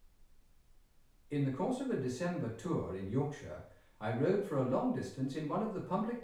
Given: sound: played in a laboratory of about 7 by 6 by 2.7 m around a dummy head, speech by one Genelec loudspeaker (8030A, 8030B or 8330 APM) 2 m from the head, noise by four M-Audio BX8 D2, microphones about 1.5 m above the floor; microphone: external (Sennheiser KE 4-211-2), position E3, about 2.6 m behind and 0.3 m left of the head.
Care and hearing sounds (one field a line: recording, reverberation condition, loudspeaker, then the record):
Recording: male speech in English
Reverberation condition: medium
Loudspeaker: 90 degrees to the right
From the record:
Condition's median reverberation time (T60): about 510 ms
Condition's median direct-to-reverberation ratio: about -0.5 dB